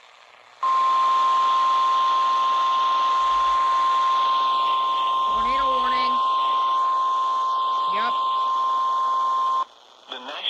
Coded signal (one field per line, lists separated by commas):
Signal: Emergency Alert System (SAME) tones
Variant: 1050 Hz attention tone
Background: speech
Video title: (Late Upload) EAS Alerts From 5/6/22 (EAS #437-#448)